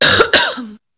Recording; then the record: coughing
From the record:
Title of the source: November cold (wet coughing)